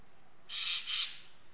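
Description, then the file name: Eurasian jay call, two harsh, rasping screeches in quick succession, each under half a second, against a quiet background. "Garrulus glandarius"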